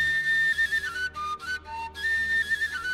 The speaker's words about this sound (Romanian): Suflă după aceea în fluieraș ca zâna zorilor să doarmă.